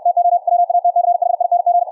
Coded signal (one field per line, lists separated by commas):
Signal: Morse code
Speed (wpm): 64 wpm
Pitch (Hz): 700 Hz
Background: none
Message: TO WATCHING